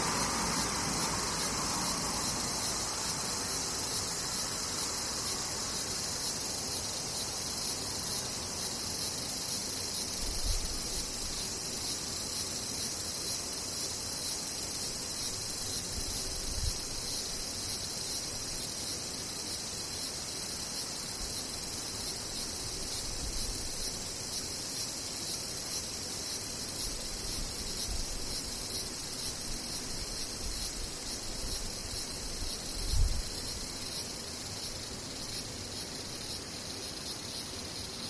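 Cicadas drone steadily through the whole recording, a dense, bright, unbroken buzzing with no pauses or changes in rhythm. Faint low thumps turn up now and then, around 10, 17 and 33 seconds, beneath the constant insect hiss.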